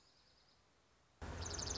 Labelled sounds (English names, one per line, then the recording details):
Dark-eyed Junco
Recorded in Sonoma County, California